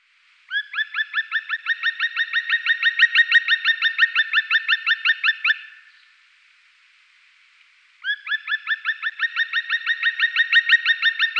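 Black woodpecker giving long series of many evenly repeated ringing notes, about three per second, two series separated by a pause of a couple of seconds.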